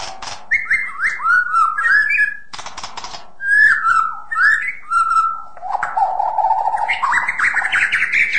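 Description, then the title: White-rumped shama singing varied whistled phrases with short harsh interjections, ending in a rising series of fluty notes. A mix of several birds featuring the white-rumped shama. "Burung Campur. Murai Batu"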